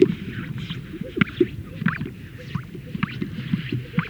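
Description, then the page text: Greater sage-grouse making display sounds: short watery popping gulps in quick succession, overlaid by brief brushing swishes and high squeaky notes. Males performing at a lek, inflating a large sac and releasing the air. "Greater Sage Grouse Lek Sound Effect. Funny Sound Effects. Greater Sage Grouse males performing at a lek, where they inflate a large sac and release the air"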